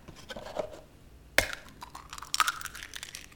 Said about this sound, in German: So, nun können wir die Eier aufschlagen. Darf ich das machen?